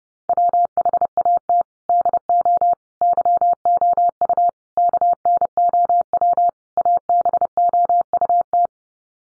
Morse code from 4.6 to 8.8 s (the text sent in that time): KNOW ABOUT